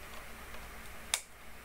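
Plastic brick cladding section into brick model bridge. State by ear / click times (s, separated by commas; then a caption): seated / 1.1 s. A plastic brick cladding section for the bridge of a Mouldking SSD Eclipse building-brick model is pressed in from below. After a quiet hiss, a single sharp click sounds at 1.1 s as the section snaps into place and is seated.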